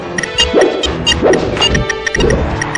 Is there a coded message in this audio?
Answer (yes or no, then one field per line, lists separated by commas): no